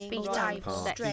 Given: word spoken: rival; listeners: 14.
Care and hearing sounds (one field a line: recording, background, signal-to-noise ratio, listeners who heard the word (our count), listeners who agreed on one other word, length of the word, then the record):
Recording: one English word in noise, from a listening test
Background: four-talker babble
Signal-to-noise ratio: -2.4 dB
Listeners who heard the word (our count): 0 of 14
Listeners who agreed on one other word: 6 of 14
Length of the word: 0.73 s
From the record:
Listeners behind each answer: 6, 3, 2, 1, 1, 1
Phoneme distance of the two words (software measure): 47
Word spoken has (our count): 2 syllables, 5 phonemes, stress on syllable 1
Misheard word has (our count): 2 syllables, 4 phonemes, stress on syllable 1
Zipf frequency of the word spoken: 4.17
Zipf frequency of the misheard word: 4.52